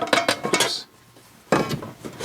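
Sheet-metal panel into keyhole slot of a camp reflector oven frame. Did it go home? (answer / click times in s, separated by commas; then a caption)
no / none. The last sheet-metal panel of a knock-down camp reflector oven is worked toward a keyhole-shaped slot in the frame, with metal clanks at about 0.1, 0.3 and 0.5 seconds, a short quiet gap, then another loud clank at 1.5 seconds and one more at 2.3 seconds. The panel has not popped into the keyhole slot; nothing has seated or clicked yet.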